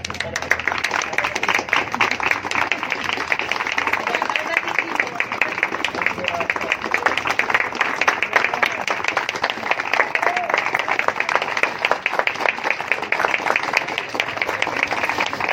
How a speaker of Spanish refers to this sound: Y renovamos ese aplauso para los chicos del Colegio Secundario de Guandacol, para el grupo …, para quienes han organizado este evento tan importante.